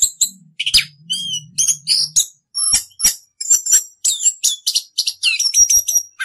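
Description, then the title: Orange-headed thrush song of high chirps and whistled notes in quick succession, with a low hum audible under the first two seconds. Continuous rolling song style called "ngerol", presented as a master recording for training birds. "suara anis kembang ngerol"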